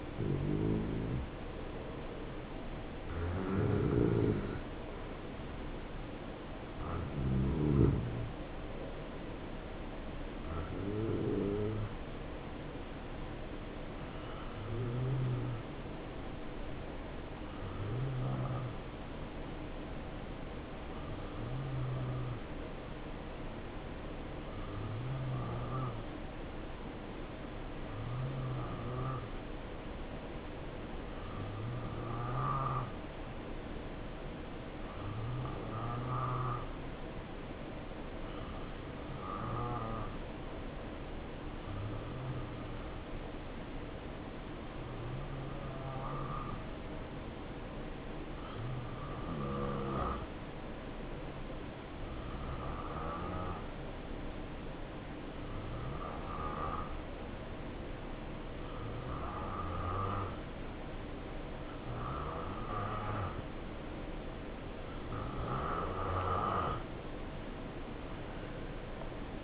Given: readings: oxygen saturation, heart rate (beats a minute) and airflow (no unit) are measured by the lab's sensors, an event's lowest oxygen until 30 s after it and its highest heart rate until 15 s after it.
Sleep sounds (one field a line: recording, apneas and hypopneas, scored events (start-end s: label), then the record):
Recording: breathing in sleep by a voice recorder at the bedside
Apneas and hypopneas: 1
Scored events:
12.00-65.40 s: hypopnea (N2, oxygen 94% highest, then 87% lowest, heart rate 69 at the start, 73 highest)
From the record:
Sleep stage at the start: N2 (light sleep)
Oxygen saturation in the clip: 86 to 94%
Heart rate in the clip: 63 to 73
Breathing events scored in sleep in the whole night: 277 in 7.4 hours asleep